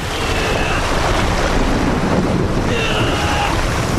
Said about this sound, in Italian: L'acqua si agitava e ribolliva tutto intorno.